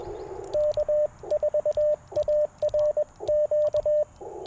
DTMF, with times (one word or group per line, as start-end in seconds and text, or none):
none